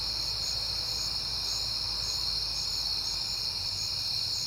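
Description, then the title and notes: Crickets give a continuous high trill, with a higher pulsed chirp repeating regularly on top. Crickets recorded at night in September, on a peaceful night. "Night Time: Crickets and Passing Cars. It is September and I have been hearing the crickets a lot, but finally had a peaceful night to make the recording"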